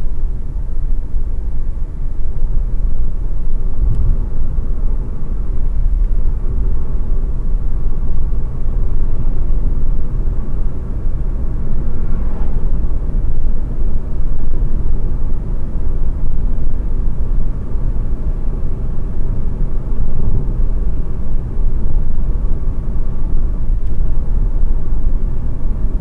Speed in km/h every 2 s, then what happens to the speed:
75, 79, 82, 84, 87, 87, 88, 88, 89, 89, 90, 89, 89.
0-7 speeds up to 87. 7-26 steady at about 89.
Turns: none.